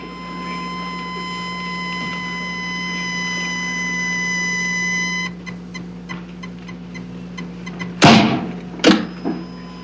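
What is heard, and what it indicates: A steady high electronic whine builds for about five seconds and then cuts off, followed by faint clicks and two sharp bursts of noise: a medical defibrillator charging and then delivering shocks, as a sound effect.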